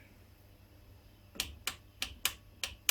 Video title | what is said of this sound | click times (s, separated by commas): Honda BIGRED middle gear drive oil change Ep.7 #1050 | wait for the click | 2.9 s